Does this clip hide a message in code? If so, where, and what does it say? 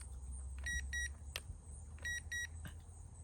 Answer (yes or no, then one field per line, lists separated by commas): no